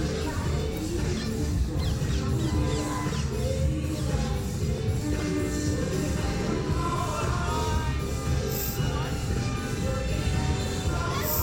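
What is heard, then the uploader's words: A cacophony of clashing sounds at the Hampstead Heath fayre on Boxing Day: a dense, steady wash of crowd voices and talk over a heavy low rumble. Faint high chirps flicker above, with a couple of brief bright squeaks near the end. Boxing Day cacophony, Hampstead Heath Fayre, London, England, UK. A cacophony of clashing sounds at Hampstead Heath fayre on boxing day.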